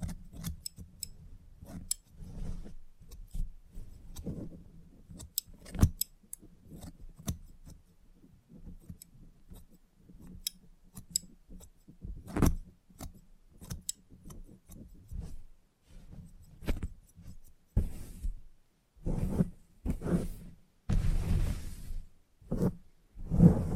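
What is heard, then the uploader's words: Crisp scissor snips and handling clicks come in quick irregular bursts over a low steady hum, with brief brushing swishes near the end. Salon Haircut Head Massage, Scissors and Clipper.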